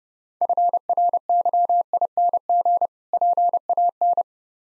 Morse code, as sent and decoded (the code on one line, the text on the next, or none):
..-. .-. -.-- .. -. --. / .--. .- -.
FRYING PAN